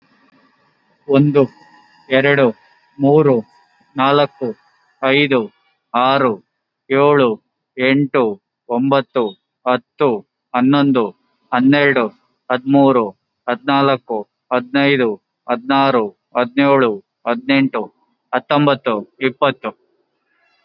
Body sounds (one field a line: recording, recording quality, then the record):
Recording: counting at a normal pace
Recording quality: excellent, no background noise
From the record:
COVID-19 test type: RT-PCR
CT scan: not taken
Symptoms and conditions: diabetes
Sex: male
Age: 34 years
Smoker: no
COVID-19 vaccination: both doses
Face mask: worn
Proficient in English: yes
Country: India